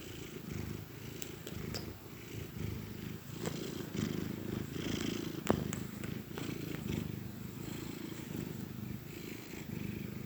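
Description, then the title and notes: Domestic cat purring softly and steadily, with a few faint clicks and small noises over the rumble. Contented cat purring gently. "Cat Cafe Purr-Finale. the gentle purrs of a contented cat"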